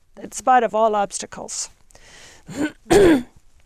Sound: she clears her throat

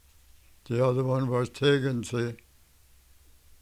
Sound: none

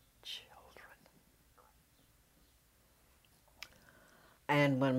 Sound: starts to whisper

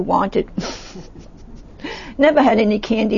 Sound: laughs

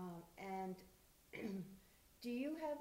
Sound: clears throat

